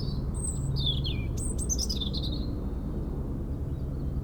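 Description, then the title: European robin giving a short descending warble of sweet, high notes, followed by only the low hum of a helicopter. Singing in a hedge near Lac du Bourget, France, during a helicopter airlift for cliff works, engine sound echoing off the mountain; Zoom H4n Pro recorder placed upright on the ground. "4 Chem. de la Pointe Forestier, Brison-Saint-Innocent, France - Duo rouge-gorge hélicoptère"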